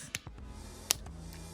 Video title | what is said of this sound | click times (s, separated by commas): ギガワット トランスフォーマー✖︎バックトゥーザフューチャー デロリアン 「映画公開35周年、正に夢のコラボ」レビュー | tires inside I'll put it in here until it clicks. | 0.9 s